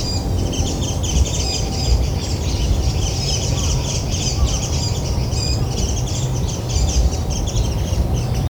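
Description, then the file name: Warbling white-eye song: busy high twitters and trills pour out steadily over a constant low-pitched rumble. "mejiro"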